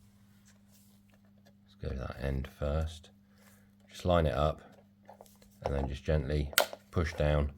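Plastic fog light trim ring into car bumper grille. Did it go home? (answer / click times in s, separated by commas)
no / none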